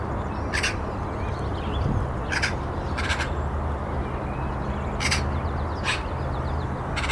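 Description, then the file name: Eurasian magpie uttering separate harsh, scratchy notes at irregular intervals of up to about two seconds, with faint thin chirps of other birds and a steady low rumble behind. "Pica pica"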